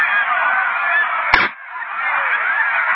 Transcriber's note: muffled shot